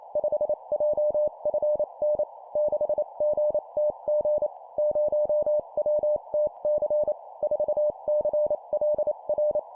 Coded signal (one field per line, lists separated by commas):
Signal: Morse code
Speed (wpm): 28 wpm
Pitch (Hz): 600 Hz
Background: none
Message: 5JFN 6GTG 0WTC 4CLR